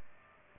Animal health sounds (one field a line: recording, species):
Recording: mosquito wingbeat signal from an infrared sensor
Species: Aedes aegypti